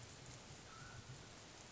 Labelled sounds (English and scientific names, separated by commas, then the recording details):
Mountain Quail (Oreortyx pictus)
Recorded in Sonoma County, California